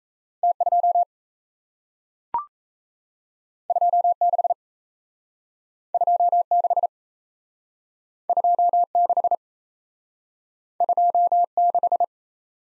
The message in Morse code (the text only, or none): T 2 2 6 2 6 2 6 2 6